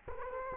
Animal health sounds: mosquito wingbeat signal from an infrared sensor; Culex quinquefasciatus

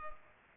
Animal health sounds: mosquito wingbeat signal from an infrared sensor; Culex pipiens

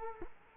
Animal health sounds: mosquito wingbeat signal from an infrared sensor; Culex quinquefasciatus

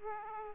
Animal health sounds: mosquito wingbeat signal from an infrared sensor; Aedes aegypti

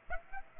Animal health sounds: mosquito wingbeat signal from an infrared sensor; Aedes aegypti

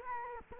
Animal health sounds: mosquito wingbeat signal from an infrared sensor; Culex quinquefasciatus

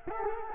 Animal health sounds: mosquito wingbeat signal from an infrared sensor; Culex quinquefasciatus

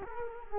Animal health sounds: mosquito wingbeat signal from an infrared sensor; Culex quinquefasciatus

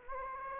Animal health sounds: mosquito wingbeat signal from an infrared sensor; Anopheles gambiae

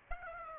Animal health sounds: mosquito wingbeat signal from an infrared sensor; Aedes aegypti

